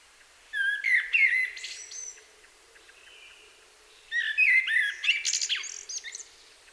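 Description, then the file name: Common blackbird song: two rich, whistled phrases with twittering high endings, a quiet gap of about two seconds between them. "Turdus merula"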